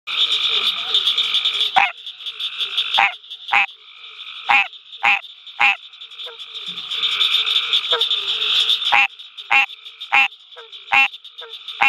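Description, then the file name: Green tree frog giving loud nasal honking quonks at irregular intervals over a steady high drone. "Hyla cinerea call"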